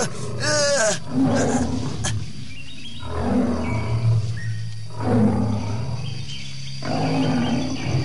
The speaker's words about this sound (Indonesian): Oh, harimau! Matanya ganas memandangku.